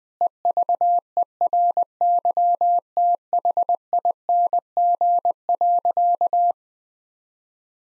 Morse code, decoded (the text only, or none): EVERYTHING.